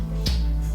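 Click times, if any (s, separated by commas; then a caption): 0.3 s. A lens is twisted onto a camera lens mount and locks with a single sharp click at 0.3 s. The click rises briefly above a steady low hum and background music. The lens is seated.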